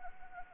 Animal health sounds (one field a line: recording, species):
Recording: mosquito wingbeat signal from an infrared sensor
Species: Anopheles arabiensis